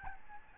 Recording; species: mosquito wingbeat signal from an infrared sensor; Aedes albopictus